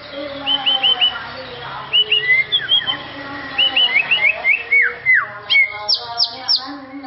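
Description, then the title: White-rumped shama song: short clear whistled notes and quick slurred phrases in bursts. "murai batu"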